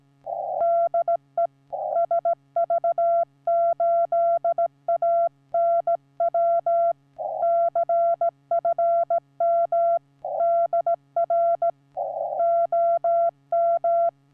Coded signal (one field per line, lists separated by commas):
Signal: Morse code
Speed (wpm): 16 wpm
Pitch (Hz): 680 Hz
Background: none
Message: DE SV8ANW CFM DR OM